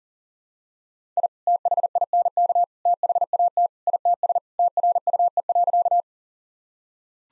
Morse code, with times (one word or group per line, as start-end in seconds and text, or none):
1.2-1.3 I
1.5-2.6 THINK
2.9-3.7 THAT
3.9-4.4 ITS
4.6-6.0 TRUE.